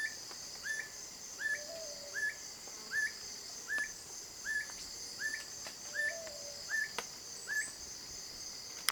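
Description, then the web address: Black bushbird repeating brief upslurred notes at an even pace against a steady high-pitched insect hum and a few clicks. "sound Black-Bushbird. صدای-پرنده-بیشه-مرغ-سیاه"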